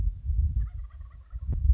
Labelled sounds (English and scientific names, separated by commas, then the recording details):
Wild Turkey (Meleagris gallopavo)
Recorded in Sonoma County, California